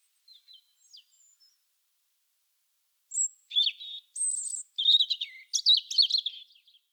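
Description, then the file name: Bird giving a few soft, high notes, then after a pause bursting into a fast, varied song of chirps, buzzes and whistles. "Vogel. Timo Tetschner"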